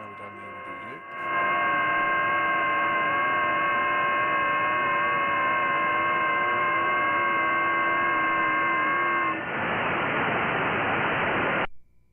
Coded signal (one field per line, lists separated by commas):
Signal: FT8